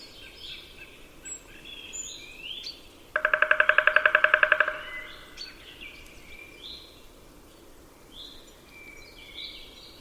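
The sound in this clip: Bird calling with a fast, buzzy pulsed rattle of about a second and a half, with soft chirps throughout.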